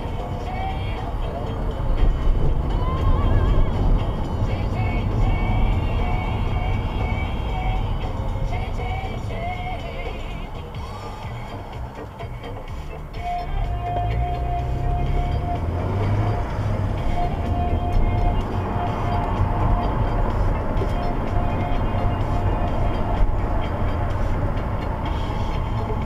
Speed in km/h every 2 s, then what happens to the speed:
24, 34, 27, 18, 5, 0, 2, 24, 32, 39, 35, 27, 21.
0-3 speeds up to 34. 3-9 brakes to 0. 9-12 standing. 12-17 pulls away to 39. 20-26 slows to 21.